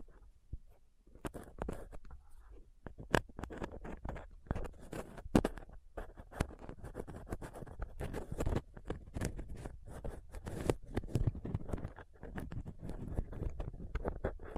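Dense, rough scratching and picking against a microphone, made with a dental pick, tweezers and a cotton swab. Quieter, sparse for the first second, then nearly continuous scraping with frequent sharp clicks and ticks, strong low thumps underneath, running steadily to the end.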